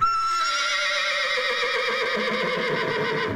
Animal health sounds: contact call of a hoofed animal; horse; whinny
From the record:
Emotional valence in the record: negative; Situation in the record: group separation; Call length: 3.4 s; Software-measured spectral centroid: 2690 Hz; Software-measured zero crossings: 3680 a second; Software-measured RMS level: -24 dBFS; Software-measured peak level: -11 dBFS

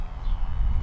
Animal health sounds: contact call of a hoofed animal; cattle; low-frequency (closed-mouth) or high-frequency (open-mouth) call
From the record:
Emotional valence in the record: negative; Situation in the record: full separation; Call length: 0.82 s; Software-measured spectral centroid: 840 Hz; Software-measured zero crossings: 280 a second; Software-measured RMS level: -24 dBFS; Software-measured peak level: -13 dBFS

